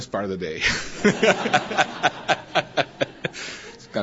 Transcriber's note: laughter